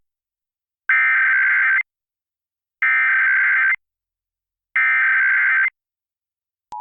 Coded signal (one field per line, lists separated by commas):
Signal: Emergency Alert System (SAME) tones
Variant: header bursts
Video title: 2023 National Periodic EAS Test - Local Radio Activation - 10/4/2023 2:20pm